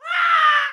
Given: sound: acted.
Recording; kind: vocal sound; scream